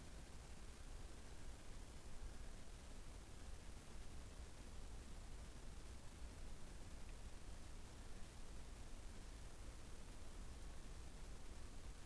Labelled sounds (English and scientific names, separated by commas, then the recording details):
North Island Brown Kiwi (Apteryx mantelli) male call
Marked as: faintness 5/5
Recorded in New Zealand on 15 November 2013
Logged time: 00:43
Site BV22